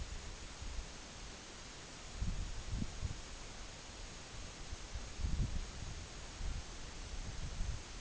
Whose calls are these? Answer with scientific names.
none